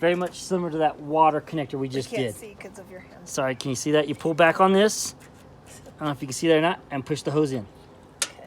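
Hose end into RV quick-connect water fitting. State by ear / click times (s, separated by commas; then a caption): seated / 8.2 s. A hose end is pushed into an RV quick-connect water fitting after the locking ring is pulled back, while someone talks. A sharp click at 8.2 s marks the coupling locking, and the hose is seated.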